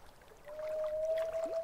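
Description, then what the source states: White-bellied green pigeon call: a long, steady, pure fluted whistle held for over a second, with a short rising note near its end, over faint background sounds. Recorded at Hirugatake, Yamanashi Prefecture, Japan.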